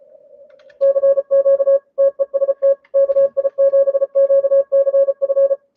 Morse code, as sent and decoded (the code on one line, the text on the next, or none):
-.-. --.- / - . ... - / -.- .. --... --.- -.-. ..-.
CQ TEST KI7QCF